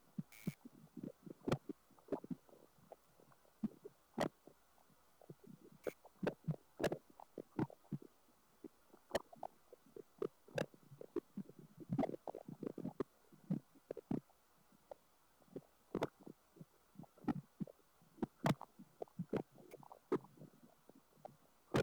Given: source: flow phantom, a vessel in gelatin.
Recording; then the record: Doppler ultrasound of air bubbles in flowing water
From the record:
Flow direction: away from the transducer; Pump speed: changing at random every second, 150 to 250 rpm (540 to 900 mL/min); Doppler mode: pulsed wave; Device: 7 MHz transducer